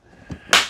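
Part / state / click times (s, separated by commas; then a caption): plastic attachment bracket into carpet cleaner body / seated / 0.5 s. A plastic storage bracket is slid up from the bottom onto the front of a BISSELL Little Green ProHeat portable pet spot cleaner, a red unit. A soft low thump comes at about 0.3 s, then a sharp, bright click at 0.5 s as the bracket clicks into place and is seated.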